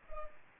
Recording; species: mosquito wingbeat signal from an infrared sensor; Culex pipiens